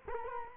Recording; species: mosquito wingbeat signal from an infrared sensor; Culex quinquefasciatus